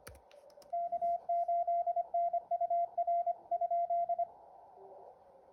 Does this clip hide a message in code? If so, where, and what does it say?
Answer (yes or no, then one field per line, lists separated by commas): yes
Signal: Morse code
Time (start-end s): 0.7-4.2 s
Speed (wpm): 25 wpm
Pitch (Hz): 690 Hz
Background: radio noise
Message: K8NUR ?